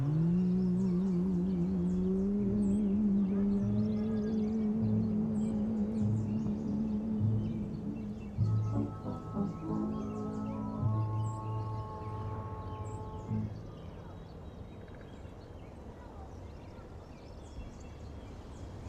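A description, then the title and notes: Old pop music plays muffled from another room, a wavering voice in the first half, then held tones that cut off around thirteen seconds. Summer oldies playing in another room. You have your window open the birds are singing the cars passing.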